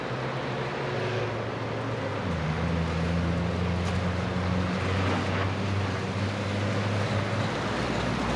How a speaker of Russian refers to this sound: Утро. Военные машины едут по тропе.